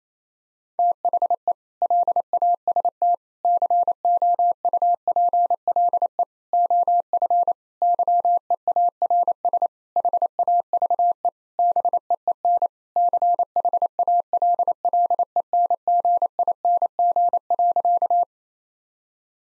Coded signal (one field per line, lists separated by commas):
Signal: Morse code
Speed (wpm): 28 wpm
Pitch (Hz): 700 Hz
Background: none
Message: THE LAST COUPLE OF YEARS HAVE BEEN CHALLENGING.